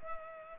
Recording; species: mosquito wingbeat signal from an infrared sensor; Culex pipiens